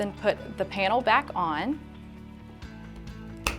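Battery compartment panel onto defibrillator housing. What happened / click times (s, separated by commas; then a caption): The battery panel snapped shut / 3.5 s. Someone talks as the battery compartment panel is put back onto the housing of an AED Pro defibrillator and its latch is closed. After a couple of faint handling knocks, one loud, sharp snap at 3.5 s marks the panel seating in place.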